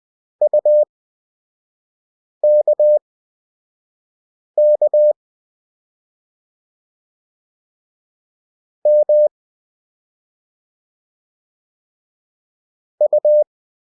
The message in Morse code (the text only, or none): UKK M U